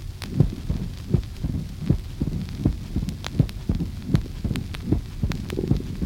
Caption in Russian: Диастолический шум при сужении левого атриовентрикулярного отверстия лучше всего слышен в начале и в конце диастолы, то есть в пресистоле. Пресистолический шум короткий, нарастающий, заканчивающийся первым хлопающим тоном.